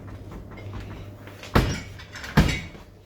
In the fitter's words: doesn't close that's it is